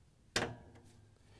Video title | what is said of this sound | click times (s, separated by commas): How To: Whirlpool/KitchenAid/Maytag Drain Hose Assembly WPW10189267 | you have the fitting snapped into the frame we can put the end of the drain hose onto the water pump | 0.4 s